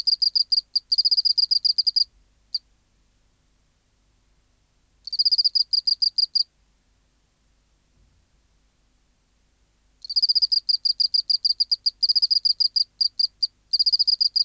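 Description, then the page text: Oceanic field cricket song in three bursts of fast pulsed chirps separated by silent pauses of a few seconds, bright and high-pitched with no other sounds. Recorded in the BMNH Acoustic Laboratory, 19 March 1984, 11:15 local time, 24 °C, 30% humidity, still air, dim light. "Teleogryllus oceanicus. BioAcoustica. Natural History Museum Sound Archive. Recording Location: BMNH Acoustic Laboratory Recorded by: W. J. Reynolds Date Recorded: Mandag, marts 19, 1984 Local time: 1115"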